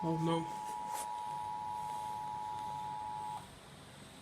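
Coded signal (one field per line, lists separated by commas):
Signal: Emergency Alert System (SAME) tones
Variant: 853 and 960 Hz attention tone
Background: speech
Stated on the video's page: Joke fake nuclear fallout warning shown interrupting Nickelodeon during The Loud House; not real.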